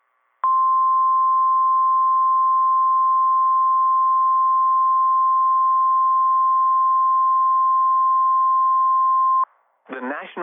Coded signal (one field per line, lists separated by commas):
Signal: Emergency Alert System (SAME) tones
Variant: 1050 Hz attention tone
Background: speech